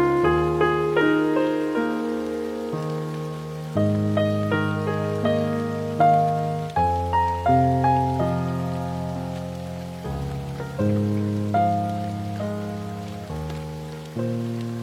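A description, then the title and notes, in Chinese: Gentle piano plays a slow, flowing melody over sustained low chords that change every few seconds, with new notes struck about twice a second and left to ring. A steady soft hiss of rain runs underneath throughout, even. 森林雨夜钢琴曲。淅淅沥沥的下雨声，舒缓的钢琴声。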